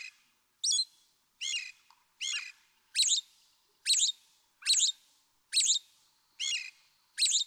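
American robin giving a series of high, clipped chirping notes with short silences between.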